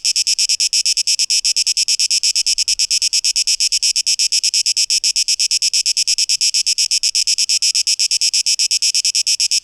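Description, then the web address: Cicadas give a loud, raspy high buzz broken into rapid, even pulses throughout. Cicadas, 12 August 2023. "audio rauschpartikel Audio 2023-08-12 Zikaden (Tape Echo Mix)"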